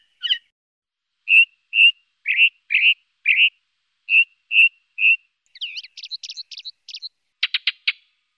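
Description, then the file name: Ring ouzel calls: a series of short, clear notes given about twice a second, then a quick burst of higher twittering notes and a few sharp clicks at the end. "ringdrossel"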